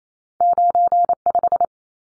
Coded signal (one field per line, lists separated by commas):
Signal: Morse code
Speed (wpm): 28 wpm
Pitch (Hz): 700 Hz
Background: none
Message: 95